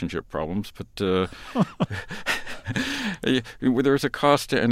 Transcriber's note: soundbite of laughter